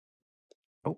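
A standard international ink cartridge is pushed onto a fountain pen's section. After a faint brief tick at 0.5 s, a louder short click at 0.9 s marks the ball bearing being pierced and the cartridge seating.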